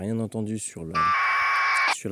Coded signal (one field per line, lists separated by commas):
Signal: packet radio (AX.25, as in APRS)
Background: speech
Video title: /survie/P3 kit communication d'urgence le test en VHF et UHF de 30 MHz jusqu'à 900 MHz